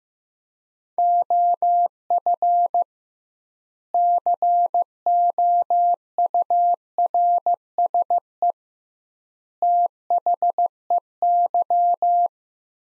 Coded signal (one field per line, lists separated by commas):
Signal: Morse code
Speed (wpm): 15 wpm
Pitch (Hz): 700 Hz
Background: none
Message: OF COURSE THEY